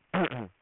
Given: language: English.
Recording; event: throat vibration sensor signal played as sound; throat clearing